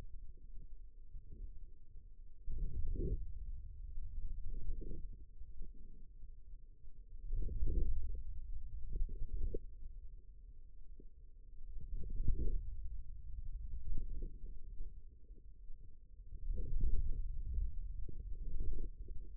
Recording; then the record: forearm muscle sounds (acoustic myography)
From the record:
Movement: hand closing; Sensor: system 2, bracelet of six BSWA MPA416 microphones around the upper forearm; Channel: 3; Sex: male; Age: 22 years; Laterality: right